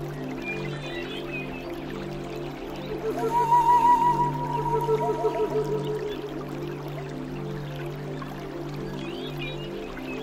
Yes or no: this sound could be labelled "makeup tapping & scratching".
no